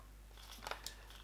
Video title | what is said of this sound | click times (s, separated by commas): gunvlog - MantisX 7 Shotgun | Mantis, schieben es auf den Halter drauf, bis es einrastet und das war's. | 0.7 s, 0.9 s